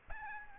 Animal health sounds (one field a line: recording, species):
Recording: mosquito wingbeat signal from an infrared sensor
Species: Aedes albopictus